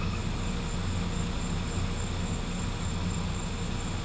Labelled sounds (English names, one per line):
none